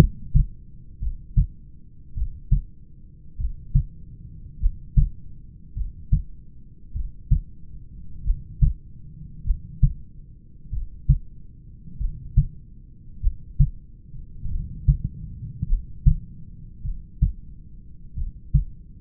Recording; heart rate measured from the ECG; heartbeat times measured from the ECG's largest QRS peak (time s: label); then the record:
heart sounds by stethoscope; 50 bpm
0.03 s: heartbeat
1.04 s: heartbeat
2.19 s: heartbeat
3.42 s: heartbeat
4.64 s: heartbeat
5.79 s: heartbeat
6.98 s: heartbeat
8.28 s: heartbeat
9.48 s: heartbeat
10.75 s: heartbeat
12.03 s: heartbeat
13.25 s: heartbeat
14.53 s: heartbeat
15.72 s: heartbeat
16.87 s: heartbeat
18.19 s: heartbeat
From the record:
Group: heart failure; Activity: rest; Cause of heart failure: familial cardiomyopathy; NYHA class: 1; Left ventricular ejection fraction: 49%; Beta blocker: bisoprolol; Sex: male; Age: 31 years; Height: 194 cm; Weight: 96 kg